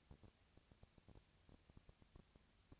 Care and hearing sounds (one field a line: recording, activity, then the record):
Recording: daily activity, microphone in the room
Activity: no activity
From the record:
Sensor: 2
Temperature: 20.3 degrees Celsius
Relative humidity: 37.0%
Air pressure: 998.7 hPa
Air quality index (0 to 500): 236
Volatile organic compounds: 38 ppm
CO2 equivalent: 3110 ppm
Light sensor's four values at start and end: 2/3/2/2 and 2/3/2/2